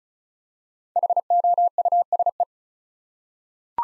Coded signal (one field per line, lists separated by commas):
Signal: Morse code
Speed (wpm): 36 wpm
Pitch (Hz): 700 Hz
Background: none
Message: HOUSE